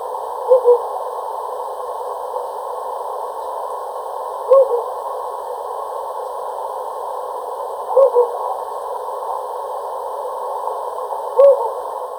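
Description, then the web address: Jocotoco antpitta giving short, low hoots, some doubled, spaced several seconds apart over a steady band of background hiss. Ecuador. "Birds of Ecuador 2. Jocotoco Antpitta"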